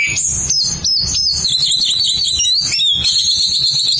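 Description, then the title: Oriental magpie-robin song: a continuous loud stream of high, rapid twittering and whistled notes, densely packed without pause. "Suara Kicauan Burung Kacer"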